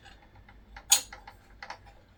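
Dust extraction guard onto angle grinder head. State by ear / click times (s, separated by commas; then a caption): not seated / none. A universal dust extraction guard is being fitted onto an angle grinder's gearbox collar and turned by hand. Light ticking and handling noises are heard, with a sharp knock at 0.9 s and softer taps at 1.6 s and 1.7 s. Nothing has seated or clicked yet.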